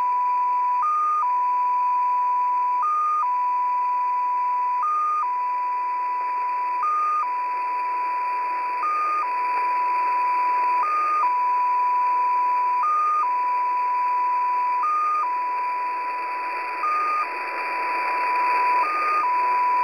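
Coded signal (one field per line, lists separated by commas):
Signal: numbers station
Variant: XPA2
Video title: XPA2 Data Mode 08/07/2023 0910 UTC 13445kHz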